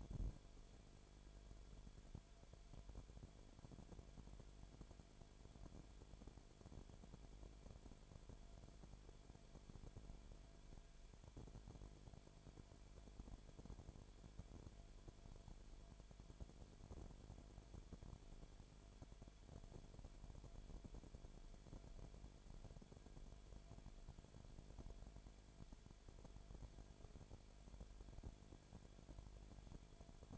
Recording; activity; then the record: daily activity, microphone in the room; no activity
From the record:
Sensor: 5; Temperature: 19.9 degrees Celsius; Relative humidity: 35.6%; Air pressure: 1003.4 hPa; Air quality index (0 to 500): 57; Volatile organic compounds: 1 ppm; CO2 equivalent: 638 ppm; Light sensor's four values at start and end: 2/3/1/1 and 2/3/1/1